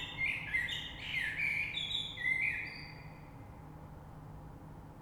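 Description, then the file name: Common blackbird song phrase: rich, fluting warbled notes with high twittery overtones for about two and a half seconds, then quiet apart from a faint hum. Recorded 3 March 2020. "Rush Merle"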